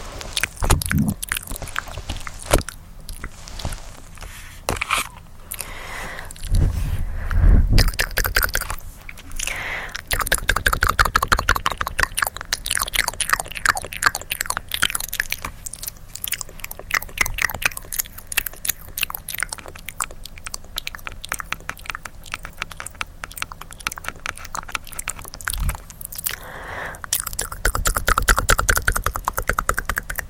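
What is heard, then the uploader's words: Mouth sounds fill the clip: dense, rapid tktk clicks and wet smacks run almost without pause, with short breathy rushes near 7 and 27 seconds. The clicking speeds up through the middle, and soft tapping and low hand-movement thumps sit underneath. ASMR Tingly Tascam Mouth Sounds (Breathy, Tktk, Tapping, Hand Movements).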